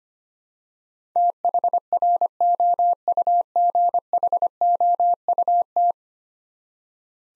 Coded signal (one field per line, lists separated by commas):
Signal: Morse code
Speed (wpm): 25 wpm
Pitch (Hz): 700 Hz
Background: none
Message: THROUGHOUT